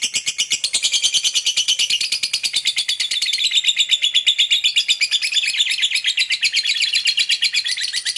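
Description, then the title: Lovebird chattering nonstop in rapid, shrill notes. The pitch and texture waver as the fast rhythm runs on. Lovebird whose calling style is shown as very clever at memancing, baiting other birds into calling. "Dari Gayanya Lovebird Ini Terlihat Pintar Sekali Memancing"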